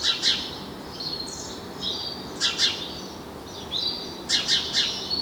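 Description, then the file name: House sparrow chirping in groups of two or three notes roughly every two seconds, mixed with thin high whistled notes over a soft constant hiss. "Passer domesticus"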